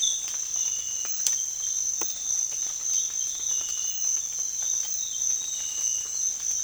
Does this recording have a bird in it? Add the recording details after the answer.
no. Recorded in secondary vegetation near Puerto Asís, Putumayo, Colombia, on 30 June 2025 at 06:00. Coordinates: 0.485, -76.322. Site GP06